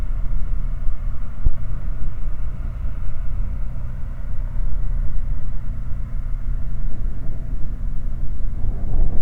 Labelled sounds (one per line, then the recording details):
machinery
flare stack
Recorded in the Prudhoe Bay oil fields, Alaska, on 15 August 2019 at 20:51
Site 29